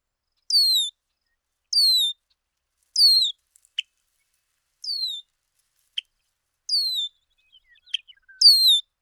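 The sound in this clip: Bird song: a series of high, falling whistled notes at irregular intervals, interspersed with a few short sharp chips.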